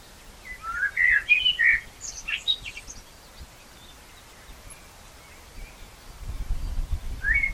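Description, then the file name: Common blackbird song, a short phrase of warbled whistles followed by high squeaky twitters, then a brief fresh start at the end over low rumbling background. "Turdus merula"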